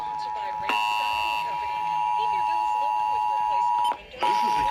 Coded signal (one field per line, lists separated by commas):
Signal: Emergency Alert System (SAME) tones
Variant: 853 and 960 Hz attention tone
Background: speech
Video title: Fredericksburg RMT March 2021(EAS 470-479)